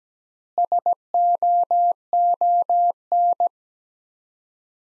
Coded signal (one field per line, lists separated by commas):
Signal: Morse code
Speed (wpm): 17 wpm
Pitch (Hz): 700 Hz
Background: none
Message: SOON